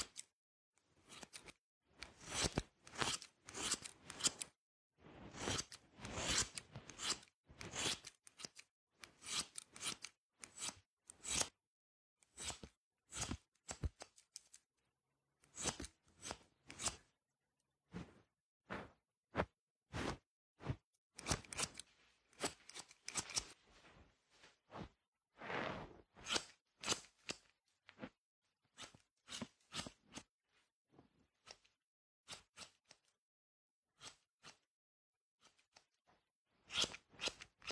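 Scissors snip through hair, crisp bright cuts coming in quick irregular bursts. The snipping runs almost continuously across the recording, with short pauses around fifteen and thirty seconds before the cutting resumes.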